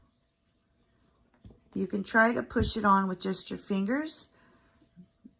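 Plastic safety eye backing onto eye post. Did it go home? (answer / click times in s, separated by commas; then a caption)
no / none. A plastic safety eye backing is lined up on the safety eye post of a 16-inch crocheted moose before being pushed home. Faint handling sounds come around 1.3 and 1.5 seconds, then someone talks. Nothing has seated or clicked yet.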